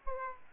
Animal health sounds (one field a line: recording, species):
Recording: mosquito wingbeat signal from an infrared sensor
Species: Aedes aegypti